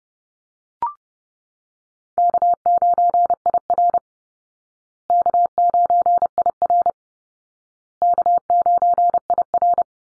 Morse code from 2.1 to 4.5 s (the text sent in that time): K9IR